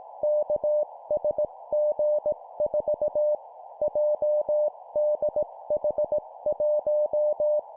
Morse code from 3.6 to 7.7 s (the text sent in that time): JDH1